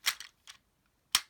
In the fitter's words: and you can hear it kind of click into place so there you go so we have a complete transformation